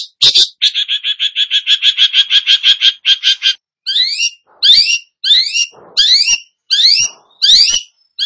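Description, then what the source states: Long-tailed shrike song: a rapid steady run of repeated chattering notes, then a string of rising slurred phrases. Described as 'gacor', meaning singing vigorously.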